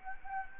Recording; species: mosquito wingbeat signal from an infrared sensor; Anopheles gambiae